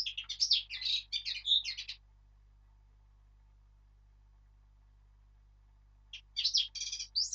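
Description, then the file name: Eurasian blackcap song: a rapid jumble of scratchy warbled notes, a long pause, then a second burst ending on a higher whistled note. "Sylvia atricapilla"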